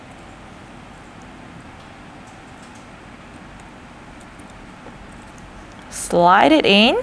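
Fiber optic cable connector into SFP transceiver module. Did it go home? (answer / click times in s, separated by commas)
no / none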